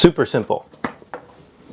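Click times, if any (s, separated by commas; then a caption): 0.9 s, 1.1 s. A connector on an EG4 Chargeverter adapter cable is pushed on, after it had been loose, until it clicks in and seats. Someone talks, then two short clicks are heard at 0.9 s and 1.1 s.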